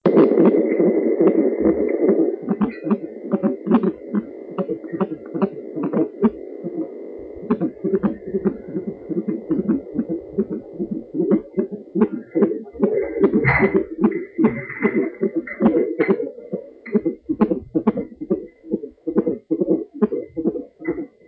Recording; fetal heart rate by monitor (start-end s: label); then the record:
fetal heart sounds by stethoscope on the mother's abdomen
0.00-10.00 s: 145 bpm
10.00-20.00 s: 140 bpm
From the record:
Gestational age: 34 weeks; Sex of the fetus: boy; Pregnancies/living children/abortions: 1/0/0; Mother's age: 18 years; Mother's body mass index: 25.6